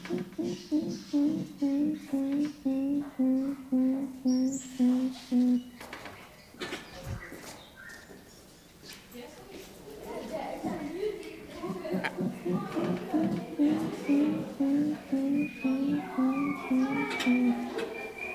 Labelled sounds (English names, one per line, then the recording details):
Grey-winged Trumpeter call
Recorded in captivity
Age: adult
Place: Zoo Berlin, Berlin, DE
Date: 1997-10-25 11:02
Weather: cloudy, 3°C
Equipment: Nagra SN, Kopie Uher 4000 Report Monitor
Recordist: Tembrock, Günter
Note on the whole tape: Lautsequenzen am Gitter, auf Besucher bezogen